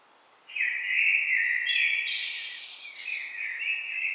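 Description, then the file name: Common blackbird song phrase: a sustained mellow whistled warble with a squeaky high flourish in the middle, filling most. "Turdus merula"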